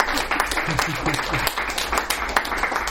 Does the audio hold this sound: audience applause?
yes